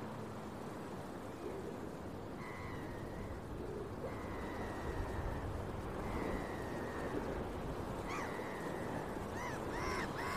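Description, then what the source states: Gull calls: drawn-out, level mewing notes every couple of seconds, then quicker yelping cries near the end, over a steady roar of breaking surf. Recorded early in the morning at a beach with waves breaking.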